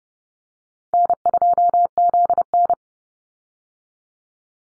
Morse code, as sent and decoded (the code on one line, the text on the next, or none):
-. ..--- --.. -.
N2ZN